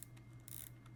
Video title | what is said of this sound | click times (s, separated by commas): Olight PL X Weapon Light Review & Unboxing - Dual Beam WML | That's it, and you can feel it, and it tightens up, and it's like when it gets to its tightest level right there, it kind of locks into place, so that's pretty cool. | 0.5 s, 0.6 s